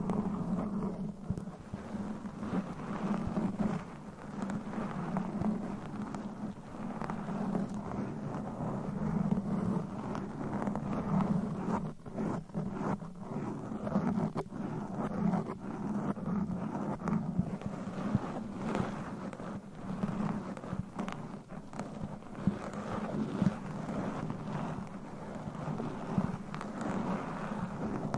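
Claws scratch continuously across a microphone, making a dense, steady low rumble with a rough, scraping texture. Short crackly scrapes and taps break through over and over, clustering around the middle of the clip. The level stays fairly even throughout, with no pauses.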